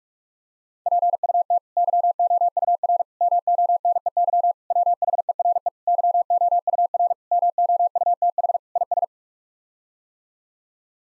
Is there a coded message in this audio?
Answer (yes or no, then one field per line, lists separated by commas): yes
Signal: Morse code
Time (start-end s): 0.9-9.0 s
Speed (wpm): 46 wpm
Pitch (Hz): 700 Hz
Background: none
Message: PUT YOUR MONEY WHERE YOUR MOUTH IS